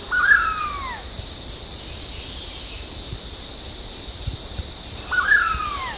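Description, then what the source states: Blue-headed pitta calling twice, five seconds apart, each a sharp-onset whistle slurring downward, with a constant shrill insect chorus behind. Recorded at Danum on 9 August 2009.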